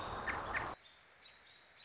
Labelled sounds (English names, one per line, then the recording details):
American Robin
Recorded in Sonoma County, California